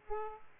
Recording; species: mosquito wingbeat signal from an infrared sensor; Aedes aegypti